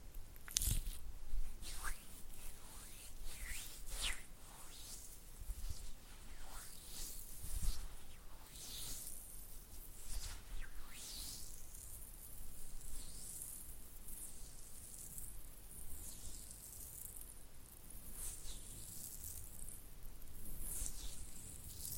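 Slick hand and fluttering finger sounds: soft wet rubbing and quick crackly flicks, mostly bright and hissy with little low end. Short bursts come every second or so early on, then settle into denser, steadier swishing after about twelve seconds.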